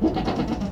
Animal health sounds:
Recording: contact call of a hoofed animal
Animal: goat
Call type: low-frequency (closed-mouth) or high-frequency (open-mouth) call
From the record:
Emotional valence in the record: positive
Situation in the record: food anticipation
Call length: 0.71 s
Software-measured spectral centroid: 1330 Hz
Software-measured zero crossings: 980 a second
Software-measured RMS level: -24 dBFS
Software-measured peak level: -11 dBFS

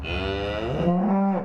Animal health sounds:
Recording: contact call of a hoofed animal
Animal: cattle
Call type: low-frequency (closed-mouth) or high-frequency (open-mouth) call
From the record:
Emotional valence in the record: negative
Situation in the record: full separation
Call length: 1.44 s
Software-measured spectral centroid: 1220 Hz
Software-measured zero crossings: 1300 a second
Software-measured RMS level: -24 dBFS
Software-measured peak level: -9 dBFS

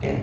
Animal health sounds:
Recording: contact call of a hoofed animal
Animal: pig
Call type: closed-mouth grunt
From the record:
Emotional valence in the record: negative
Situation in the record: short social isolation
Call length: 0.23 s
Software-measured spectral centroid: 1520 Hz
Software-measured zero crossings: 940 a second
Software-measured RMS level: -25 dBFS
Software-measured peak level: -13 dBFS

